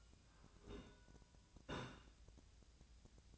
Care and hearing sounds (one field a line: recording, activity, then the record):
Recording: daily activity, microphone in the room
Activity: take from stove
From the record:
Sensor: 2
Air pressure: 1009.8 hPa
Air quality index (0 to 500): 178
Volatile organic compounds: 10 ppm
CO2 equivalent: 2232 ppm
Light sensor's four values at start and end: 30/73/31/35 and 29/72/31/34